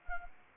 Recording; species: mosquito wingbeat signal from an infrared sensor; Anopheles arabiensis